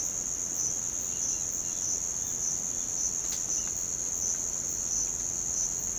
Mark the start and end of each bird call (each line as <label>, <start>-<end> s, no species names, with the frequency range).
bird call (2.1-4.2 kHz), 1.09-1.86 s